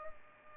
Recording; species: mosquito wingbeat signal from an infrared sensor; Culex pipiens